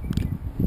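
A 3.5 mm bullet connector between a motor lead and an ESC lead, sleeved with fuel tubing, is pulled apart by hand with a lot of force. It pops apart with two sharp snaps at 0.1 s and 0.2 s, and the connector comes undone. A softer low thump follows at about 0.6 s.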